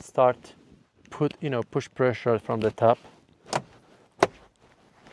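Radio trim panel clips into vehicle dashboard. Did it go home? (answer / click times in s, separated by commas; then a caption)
yes / 4.2 s. A radio trim panel on a 2019 Jeep Cherokee is pressed down from the top so its clips seat into the vehicle dashboard while someone talks. A softer tap comes at 3.6 s, then a loud, sharp click at 4.2 s as the panel snaps into place, confirming it is seated.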